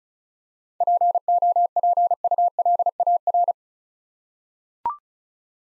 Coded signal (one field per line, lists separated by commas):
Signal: Morse code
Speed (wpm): 35 wpm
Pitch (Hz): 700 Hz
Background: none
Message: POPULAR